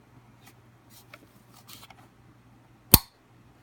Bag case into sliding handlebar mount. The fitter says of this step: can hear it snaps into place like I mean really not going anywhere